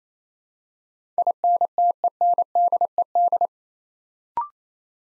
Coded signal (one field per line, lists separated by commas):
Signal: Morse code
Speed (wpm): 27 wpm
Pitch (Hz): 700 Hz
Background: none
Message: INTENDED